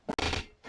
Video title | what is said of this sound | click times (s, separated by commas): Gladly Merritt Playard Review | until you hear it snap | 0.1 s, 0.2 s